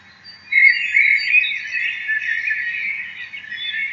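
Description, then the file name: Bird chattering, a dense stream of high, scratchy twittering notes starting abruptly after half a second and running on without pause. "Vogel"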